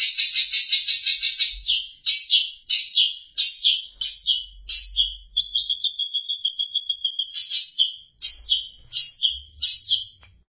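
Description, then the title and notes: Long-tailed Shrike song: fast runs of scratchy repeated notes in short bursts, with one longer sustained buzzy trill in the middle, faint low thumps beneath. "Pentet 201703. Suara burung pentet"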